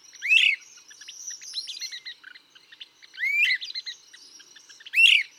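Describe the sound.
Great crested flycatcher calling strong rising wheep notes three times, spaced a couple of seconds apart, against other birds' soft chips.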